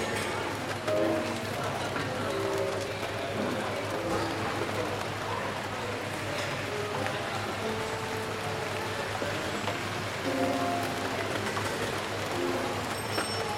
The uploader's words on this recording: Rainy Day Coffee Shop. Cozy up in the coffee shop with this mix of friendly chatter, tinkering cups, pattering rain, and soft piano.